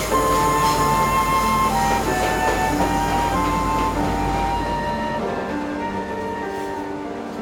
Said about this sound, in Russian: Поезд уехал и надолго увез девушку из родных мест